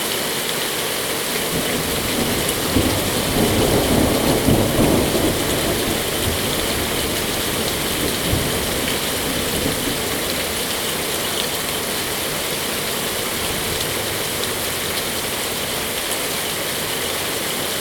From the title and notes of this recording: Salem Oregon thunderstorm, recorded live from the Lava Lamp Lounge patio. The storm began at roughly 4:30 PM. This is a raw audio recording, made with a ZOOM H2n Recorder. Thunder Storm.